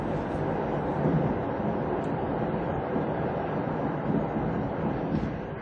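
A steady, rumbling roar of a train underway, dense low and mid noise holding an even level for several seconds, with faint rattles and no voices.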